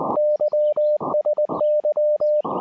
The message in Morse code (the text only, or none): YSY